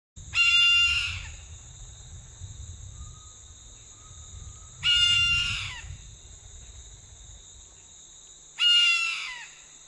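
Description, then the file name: Red-throated caracara repeating loud, raspy, falling calls about every four seconds, three in all, over a steady high insect hum and low rumbling noise. "Canto do gaviao de anta"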